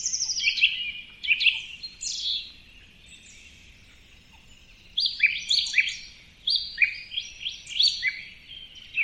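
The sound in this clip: Bird chirping in bursts of sharp, high, descending notes, with a pause in the middle before more rapid twittering phrases resume.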